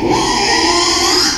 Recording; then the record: squeal of a Yucatan mini pig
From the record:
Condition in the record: after surgery on the right vocal fold (resection and tissue-engineered implant); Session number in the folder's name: 2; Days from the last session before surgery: 13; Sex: male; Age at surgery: 12 weeks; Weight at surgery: 13 kg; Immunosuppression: cyclosporine, prednisolone